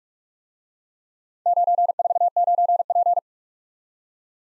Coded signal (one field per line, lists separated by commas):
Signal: Morse code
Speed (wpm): 44 wpm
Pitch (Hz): 700 Hz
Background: none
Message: 949P